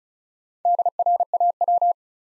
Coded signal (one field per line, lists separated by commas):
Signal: Morse code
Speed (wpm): 46 wpm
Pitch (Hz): 700 Hz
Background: none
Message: DRAW